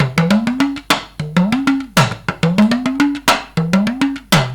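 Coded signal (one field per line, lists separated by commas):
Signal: talking drum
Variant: Bambara tamani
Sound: quick sharp drum strokes over a low tone that bends upward in repeated phrases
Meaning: I love respect; respect is fitting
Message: bonya diyara n ye bonya bɛnna ma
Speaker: bonya diyara n ye bonya bɛnna ma. Waaw bonya bɛnna ma a ye bonya kɛ n ye bonya bɛnna ma o la tamani tubabu b'a fɔ a ma ko talking drum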